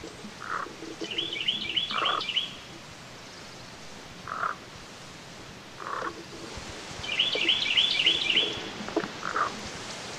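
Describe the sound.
Carolina wren song: two fast rollicking bursts of repeated phrases, with lower calls in between.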